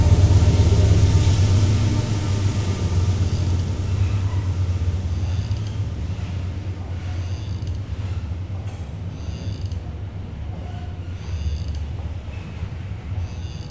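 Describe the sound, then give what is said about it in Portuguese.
A train passes close by with a heavy, continuous low rumble and grinding, creaking metal squeals over it. It starts loudest, then settles into a steady roar for the rest of the pass. No one speaks. “Vou esperar o trem passar rapidinho.”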